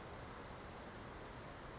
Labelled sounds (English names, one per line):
Western Flycatcher